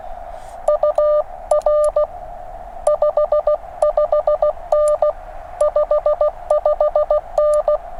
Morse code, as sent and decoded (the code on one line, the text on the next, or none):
..- .-. / ..... ..... -. / ..... ..... -.
UR 55N 55N